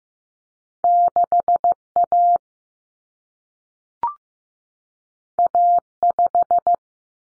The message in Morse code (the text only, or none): 6A A5